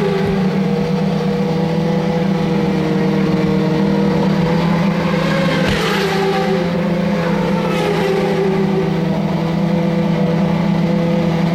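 Race cars with turbocharged V8 engines roar past in a steady, dense drone with a strong low hum and shifting higher whines. Around six and eight seconds, brief rushes sweep through as cars pass, pitch bending slightly, while the overall loudness stays constant.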